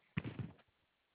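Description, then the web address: Koala giving a short, deep grunting call, a rough pulsed burst of about half a second with three or four throbs, then quiet. Recorded 8 3 2022 at 6:09:08 AM. "Koala CS HMCrecordings 8 3 2022 6 09 08 AM"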